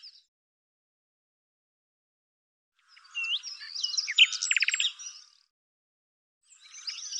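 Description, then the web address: Bird song: a brief blip, then a burst of quick, varied high chirps and a rapid buzzy trill, with another chirpy phrase starting at the end; otherwise silent. "birddata Deverinetal 2025 Bird Lu Me"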